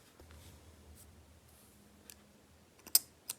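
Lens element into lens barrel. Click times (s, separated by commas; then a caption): 2.9 s. While reassembling a Helios-103 vintage manual lens after cleaning, a glass lens element or its retaining part is fitted back into the metal barrel, with faint handling noise and a small tick at 2.1 s. A sharp, bright click at 3.0 s marks the element seating in place, followed by a lighter click at 3.3 s.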